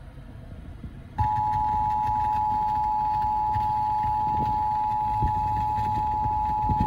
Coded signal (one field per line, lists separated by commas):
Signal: Emergency Alert System (SAME) tones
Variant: 853 and 960 Hz attention tone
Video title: EAS Alert on Radio Required Monthly Test on WENJ (EAS #352)